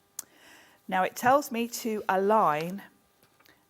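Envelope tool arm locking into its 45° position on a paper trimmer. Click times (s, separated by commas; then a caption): 0.2 s. A sharp click at 0.2 s as the envelope scoring tool arm on a paper trimmer, slid across and swung down, locks into its 45° position marked by a small envelope picture. Someone then talks, and a few faint ticks follow near the end.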